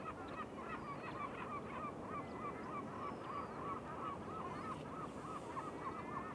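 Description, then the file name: Mongolian Gulls calling repeatedly, a run of evenly spaced nasal yelps with fainter gull calls behind, over a steady low rumble. Gulls calling at Shahe Reservoir, 14 March 2021, 09:44. "2021-03-14-0944-Mongolian-Gulls-calling-Shahe-Reservoir"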